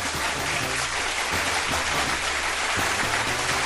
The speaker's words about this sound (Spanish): La verdad, ellos siguen trabajando para mantener las posiciones durante estos últimos 3 años, que la verdad se merecen un gran fuerte aplauso.